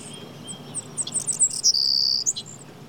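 Bird song, a quick run of thin high chirps ending in a held piercing whistle and a final flick, over a low rumbling background.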